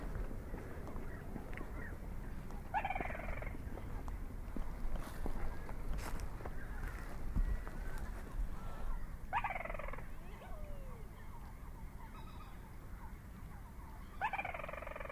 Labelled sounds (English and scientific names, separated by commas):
Little Crake (Porzana parva) song